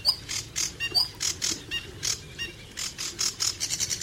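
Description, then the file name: Sedge warbler giving harsh, grating churrs mixed with short squeaky notes in a quick series. "Phragmite des joncs"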